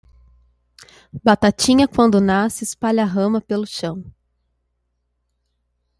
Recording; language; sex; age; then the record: short text; Brazilian Portuguese; male; 20 to 29 years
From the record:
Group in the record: control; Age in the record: 24 years